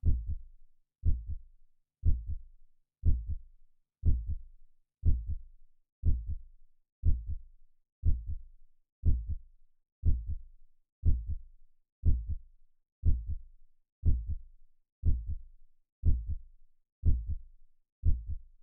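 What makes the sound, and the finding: Heartbeat, possibly synthesized. Heartbeat.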